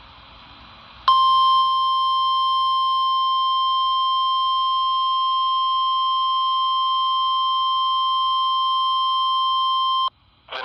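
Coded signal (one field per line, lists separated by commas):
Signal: Emergency Alert System (SAME) tones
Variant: 1050 Hz attention tone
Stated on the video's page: Severe thunderstorm warning received on a RadioShack 12-254 weather radio from a NOAA transmitter at 162.475 MHz, about 11 miles away.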